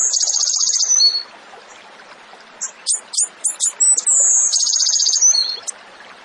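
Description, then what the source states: Zebra finch song: high buzzy trilled phrases with stacked overtones, opening and closing the stretch, separated by a run of short sharp chirps. Bird singing actively (gacor), used as masteran, a training song for songbirds.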